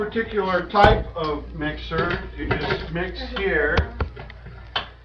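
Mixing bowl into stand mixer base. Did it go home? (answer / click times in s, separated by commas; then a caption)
yes / 4.8 s. A mixing bowl is set onto a stand mixer base and turned until it locks into place while someone talks. A sharp tick is heard at 4.8 seconds as the bowl seats.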